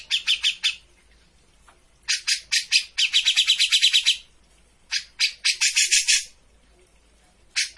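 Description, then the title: Grey-cheeked bulbul song of rapid, harsh chattering notes in fast bursts, with brief silent gaps between runs. Bird-training master of a bird in full, energetic song (gacor). "Cucak Jenggot Gacor. Masteran burung cucak jenggot ! Suaka burung"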